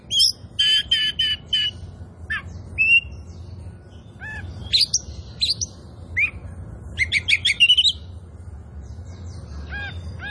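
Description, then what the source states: Oriental magpie-robin song mixing rasping chattered bursts with single whistles, a quiet gap, then a quick rising series of scratchy notes. Indonesian name kacer poci; described as gacor, meaning singing vigorously and often.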